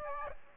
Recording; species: mosquito wingbeat signal from an infrared sensor; Aedes aegypti